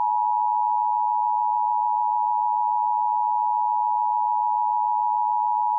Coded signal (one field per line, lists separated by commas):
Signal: Emergency Alert System (SAME) tones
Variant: 853 and 960 Hz attention tone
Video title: Eas scenario: inquisitormaster werewolf